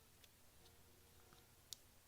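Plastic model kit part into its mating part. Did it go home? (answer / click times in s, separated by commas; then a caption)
partly / 1.7 s. Plastic parts of a Zoids model kit are pressed together into their mating parts, giving faint small ticks near 0.2 s and 0.7 s and a sharp, brief click at 1.7 s. The parts are only partly engaged and not clicked in all the way.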